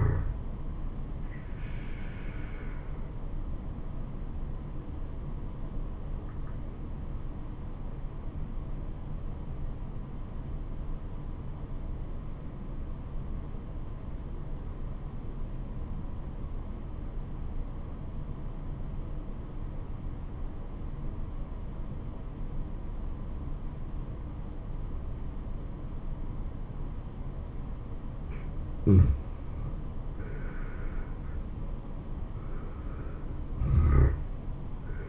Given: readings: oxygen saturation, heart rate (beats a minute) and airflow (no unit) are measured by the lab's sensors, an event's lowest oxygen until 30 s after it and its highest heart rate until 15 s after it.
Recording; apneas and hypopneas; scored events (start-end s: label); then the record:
breathing in sleep by a smartphone at the bedside; 1
4.00-30.70 s: obstructive apnea (N2, oxygen 96% highest, then 84% lowest, heart rate 73 at the start, 81 highest)
From the record:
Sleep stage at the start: N2 (light sleep); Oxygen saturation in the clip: 84 to 96%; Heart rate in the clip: 70 to 81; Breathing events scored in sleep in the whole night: 426 in 7.4 hours asleep